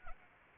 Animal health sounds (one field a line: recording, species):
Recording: mosquito wingbeat signal from an infrared sensor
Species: Anopheles arabiensis